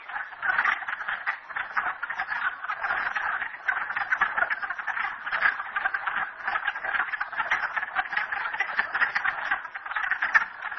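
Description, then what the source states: Many frogs calling together, a constant pulsing clatter of short croaks with brief louder swells throughout. Frogs recorded at Merryspring.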